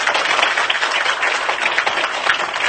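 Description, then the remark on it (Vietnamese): A steady burst of audience applause at a Buddhist dharma talk, many hands clapping in a dense, crackling wash that holds at an even, fairly loud level throughout, with no voices over it. “Dạ, xin cảm ơn đạo hữu cho tràng pháo tay.”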